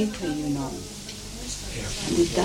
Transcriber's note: The rest of the Group are talking together in the background